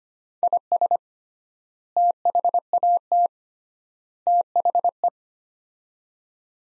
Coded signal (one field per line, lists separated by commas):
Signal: Morse code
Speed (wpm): 25 wpm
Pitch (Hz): 700 Hz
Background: none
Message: IS THAT THE